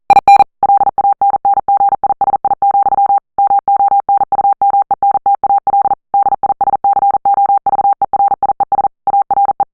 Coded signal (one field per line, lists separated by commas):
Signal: Morse code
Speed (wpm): 42 wpm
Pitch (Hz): 800 Hz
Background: none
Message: IN LANNGISI, MONUMENTAL DISCOVERIES ARE